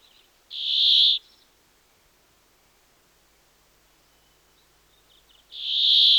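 Brambling song: a drawn-out, harsh, nasal buzz, given twice about five seconds apart, with quiet between the notes.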